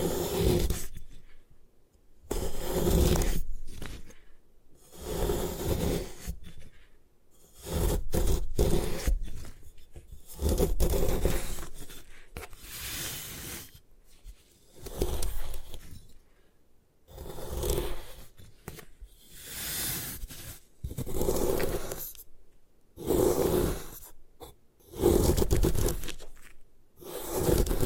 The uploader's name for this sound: Satisfying Ways to Destroy Gym Chalk